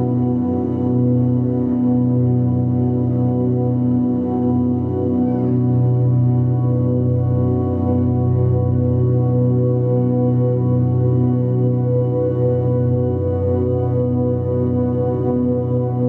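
Sustained chakra tones hum steadily for the whole stretch, a dense low drone with layered ringing pitches and a gentle, even pulsing throughout.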